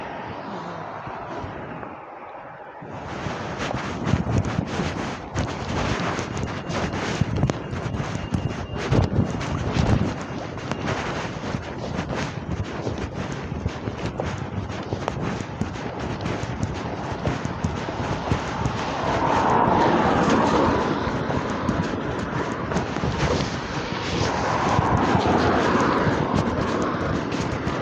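A walk outdoors on a grey, wet morning, starting quietly before a sudden rise in noise just before three seconds. From there a dense, rough rush of wind buffeting the microphone dominates, with low rumbling gusts and crackly bursts throughout, swelling again around twenty and twenty-five seconds.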